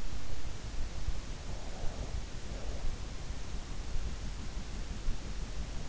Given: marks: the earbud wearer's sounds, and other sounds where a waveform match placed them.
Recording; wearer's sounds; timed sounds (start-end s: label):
sounds in sleep by an in-ear microphone; breath
1.52-3.26 s: breath